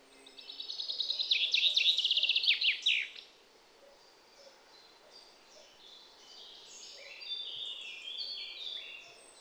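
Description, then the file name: Common chaffinch song: a rapid series of repeated notes growing louder and ending in a descending flourish after about three seconds, followed by fainter high notes in the background. "Fringilla coelebs"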